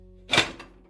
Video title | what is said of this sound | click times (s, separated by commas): pressure canning for beginners | Now it's locked. It can't come off. It's locked. | 0.3 s